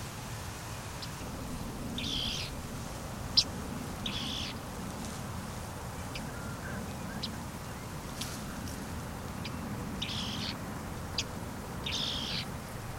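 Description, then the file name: Bearded reedling calls: short nasal, buzzy 'ping' notes, four spread over thirteen seconds, with scattered sharp ticks above a steady low rumbling background. Recorded on 9 October 2013 in the Mohrweiher pond area, Erlangen-Höchstadt district. "Bartmeise. Mohrweihergebiet ERH. Barbara Goldmann"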